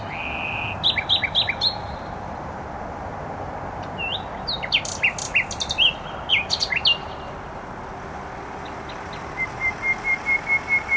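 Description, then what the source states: Nightingale song of whistled notes and fast repeated clicks in several bursts, ending with a quiet run of repeated chirps, over steady traffic noise. Singing in bushes beside a noisy motorway, Trasa Toruńska, Bródno-Podgrodzie, Warsaw, Poland; recorded on an Olympus LS-11.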